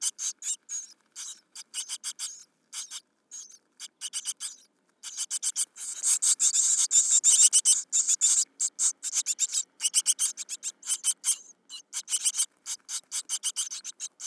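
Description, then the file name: Great tit harsh rasping calls, many rapid ticks and scrapes that swell into a louder continuous buzzy stretch mid-way. "Parus major"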